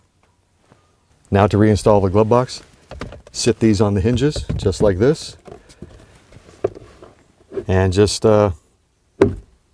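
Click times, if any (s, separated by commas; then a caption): 9.2 s. Someone talks while a plastic glove box is reinstalled after installing a K&N washable, reusable cabin filter: the box is sat on its dashboard hinges and closed halfway. A sharp snap at 9.2 s marks the glove box seating into place on its hinges.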